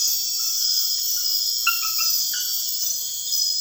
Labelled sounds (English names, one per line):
none